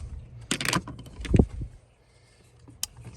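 A plastic retaining piece on a car door lock actuator is pressed from underneath to release its clip, with a sharp click at 0.5 s followed by a quick rattle of smaller clicks through about 0.8 s. A low thump comes near 1.4 s, then a quiet stretch and another sharp click at 2.8 s, and the clip is released from the actuator.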